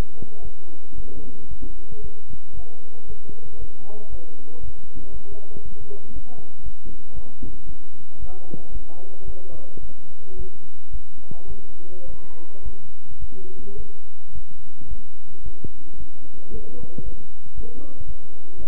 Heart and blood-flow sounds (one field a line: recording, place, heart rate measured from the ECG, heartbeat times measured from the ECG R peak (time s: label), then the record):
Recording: heart sounds by stethoscope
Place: between the tricuspid and mitral areas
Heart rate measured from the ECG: 112 bpm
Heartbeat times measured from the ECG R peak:
0.42 s: heartbeat
0.95 s: heartbeat
1.49 s: heartbeat
2.02 s: heartbeat
2.55 s: heartbeat
3.07 s: heartbeat
3.59 s: heartbeat
4.10 s: heartbeat
4.61 s: heartbeat
5.12 s: heartbeat
5.63 s: heartbeat
6.14 s: heartbeat
6.64 s: heartbeat
7.14 s: heartbeat
7.67 s: heartbeat
8.20 s: heartbeat
8.72 s: heartbeat
9.26 s: heartbeat
9.81 s: heartbeat
10.37 s: heartbeat
10.92 s: heartbeat
11.48 s: heartbeat
12.06 s: heartbeat
12.64 s: heartbeat
13.20 s: heartbeat
13.77 s: heartbeat
14.33 s: heartbeat
14.89 s: heartbeat
15.44 s: heartbeat
15.98 s: heartbeat
16.52 s: heartbeat
17.04 s: heartbeat
17.55 s: heartbeat
18.07 s: heartbeat
18.58 s: heartbeat
From the record:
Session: bicycle stress test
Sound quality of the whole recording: good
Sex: male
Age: 23 years